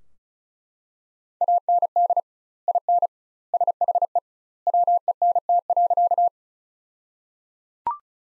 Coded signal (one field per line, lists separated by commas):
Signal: Morse code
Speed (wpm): 34 wpm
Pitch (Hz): 700 Hz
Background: none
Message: AND IN SHE WENT.